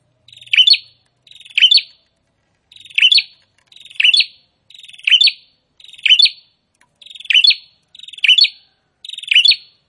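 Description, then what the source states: Prinia repeating a buzzy rattling phrase ending in sharp high notes, nearly once a second, steady and insistent. Prinia singing actively (gacor).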